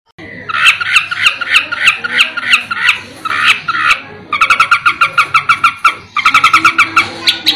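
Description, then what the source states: Long-tailed shrike song of repeated, squawky, mid-pitched notes, first evenly spaced, then in quicker rattling runs. Masteran (training recording) of cendet song.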